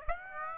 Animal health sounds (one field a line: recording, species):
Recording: mosquito wingbeat signal from an infrared sensor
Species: Aedes aegypti